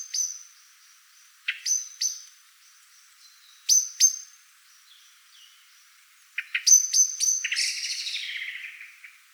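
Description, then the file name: Common blackbird uttering hard, clicking chink notes in short clusters, ending with a louder run of calls that blurs into a harsher, rasping chatter. "Turdus merula"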